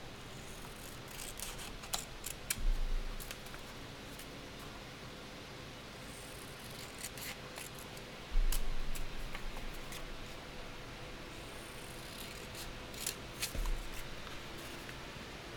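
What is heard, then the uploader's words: Candle dressing with small shuffling and handling sounds over a steady low rumble. Brief sharp clicks and scrapes come scattered throughout, with three louder, heavier knocks or bumps near 2.5, 8.5 and 13.5 seconds, the one at 8.5 the strongest. Candle dressing, shuffling, and cutting sounds.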